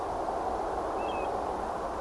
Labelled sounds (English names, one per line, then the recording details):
European Golden Plover
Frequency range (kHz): European Golden Plover 2.2-3.6 kHz
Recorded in France